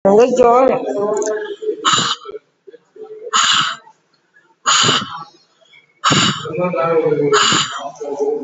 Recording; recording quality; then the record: deep breathing; excellent, no background noise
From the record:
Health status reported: COVID-19 positive, mild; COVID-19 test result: positive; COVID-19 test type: RT-PCR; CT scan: not taken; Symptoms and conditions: sore throat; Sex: male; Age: 53 years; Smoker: no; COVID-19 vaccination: none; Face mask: not worn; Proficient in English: yes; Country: India